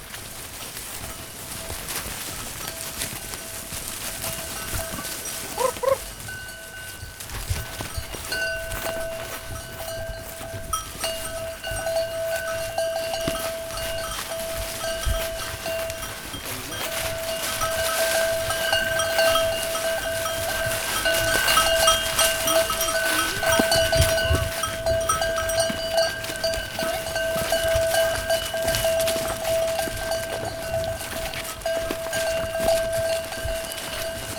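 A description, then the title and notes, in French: Ewes in autumn at Taurinya, heard as a steady bell-like ringing with a clear, sustained tone that runs through most of the recording, plus brighter overtones above it. Loudness swells after about twenty seconds, with a dense scraping and rustling bed underneath. Le son des brebis, l'automne à Taurinya.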